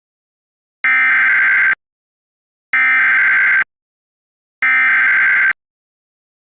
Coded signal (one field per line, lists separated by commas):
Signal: Emergency Alert System (SAME) tones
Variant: header bursts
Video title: EAS Scenario 13: Horror Mario's Rampage (15 Subscriber Special)